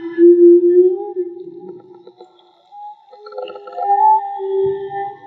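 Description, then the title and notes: Whale song opening with a smooth sustained low moan, a pause, then a higher climbing whistle-like note over a softer hum. Whale song, recorded in the field with DIY hydrophones. "CANTO DE BALLENAS MAGMA. Grabación de campo y construcción dehidrofonos DIY: Jorge Barco. Limpieza de audio: Santiago Minotas"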